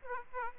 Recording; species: mosquito wingbeat signal from an infrared sensor; Aedes aegypti